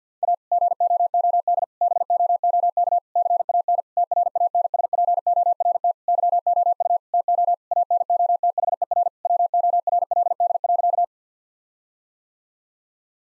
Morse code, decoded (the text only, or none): A GOOD BOOK CAN TRANSPORT YOU TO ANOTHER WORLD.